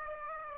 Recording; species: mosquito wingbeat signal from an infrared sensor; Aedes aegypti